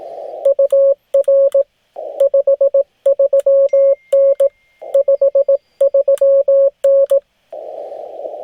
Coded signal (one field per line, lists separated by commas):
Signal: Morse code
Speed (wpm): 18 wpm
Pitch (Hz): 550 Hz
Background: radio noise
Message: UR 53N 53N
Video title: The Travelin' Ham Goes Mobile | First POTA Test Run